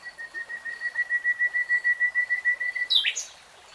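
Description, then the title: Nightingale song: a long series of soft, evenly pulsed whistled notes on one pitch, swelling in loudness, closed by a sharp upward flourish. Heard in real time, not slowed. "[Tiếng chim hót] Nightingale Singing"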